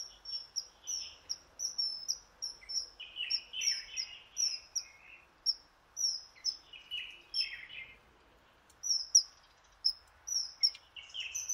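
Bird: shrill high whistles repeated steadily, with lower warbling phrases in between, then a brief pause and more whistles.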